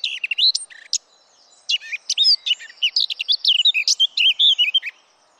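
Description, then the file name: Eurasian blackcap warbling loudly in quick, varied notes, breaking off briefly near one second, then resuming a rich, fluty, rambling song. "Sylvia atricapilla"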